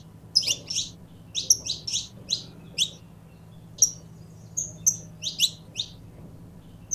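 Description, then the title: Belgian canary giving quick high chirps in clusters, with a few thin whistled tones, over a soft low hum. Pure Belgian canary breed. "Canto Do Canário Belga Puro"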